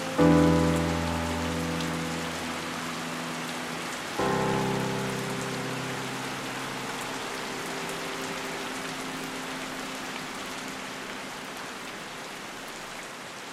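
Soft piano with steady rain falling all around. A low, warm chord sounds at the start and another about four seconds in, each ringing out and slowly fading. A dense, even hiss of rain carries on underneath the whole time.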